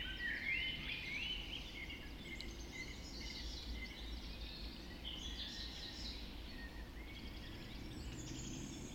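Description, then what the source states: Birds singing softly in a dawn chorus, a rising whistled phrase at the start, then faint overlapping twitters over a low background hum. Dawn chorus just after dawn in the Forest of Dean.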